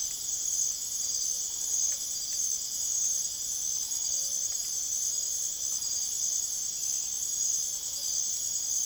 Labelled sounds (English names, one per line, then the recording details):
none
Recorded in secondary vegetation near Puerto Asís, Putumayo, Colombia, on 22 June 2025 at 22:30
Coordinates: 0.489, -76.322
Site G021